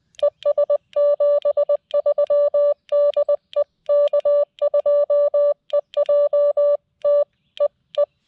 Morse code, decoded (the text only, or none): ES 73 DE K2EJT E E